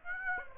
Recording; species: mosquito wingbeat signal from an infrared sensor; Aedes aegypti